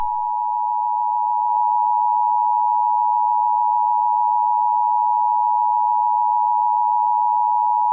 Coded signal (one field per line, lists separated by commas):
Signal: Emergency Alert System (SAME) tones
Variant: 853 and 960 Hz attention tone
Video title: Elemental Attack - An EAS Scenario